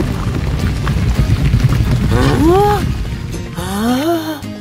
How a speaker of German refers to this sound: Eines Tages sammelte Ali Baba Holz im Wald. Plötzlich hörte er das Galoppieren wilder Pferde.